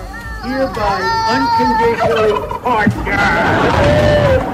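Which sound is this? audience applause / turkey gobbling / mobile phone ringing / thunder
turkey gobbling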